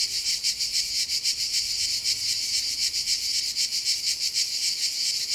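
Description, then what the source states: Cicada buzzing, a steady high-pitched drone broken into loose pulsing beats, with no other clear sounds. Cicadas at Castelvecchio di Rocca, Liguria, Italy.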